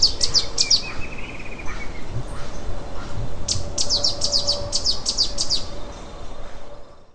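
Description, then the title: Streak-capped Antwren giving two runs of quick, thin, high-pitched chirps over a low background rumble. "LuckyPassaro Completos2Sama. Streak-capped Antwren (Terenura maculata)"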